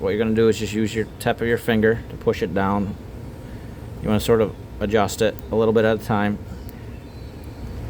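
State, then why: Partly seated. Someone talks while a fingertip presses a round green gemstone down into the pre-burred prong setting of a silver ring. A small, faint click comes at 6.7 s as the stone clicks down under one prong burr, while the other burrs are not seated yet.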